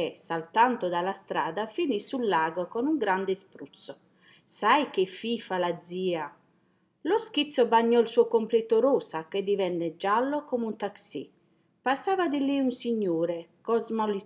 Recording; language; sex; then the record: read passage; Italian; female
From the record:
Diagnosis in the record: healthy control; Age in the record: 60 years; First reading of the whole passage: 59 s, 7.9 characters per second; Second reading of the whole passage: 55 s, 8.5 characters per second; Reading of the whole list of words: 44 s, 6.4 characters per second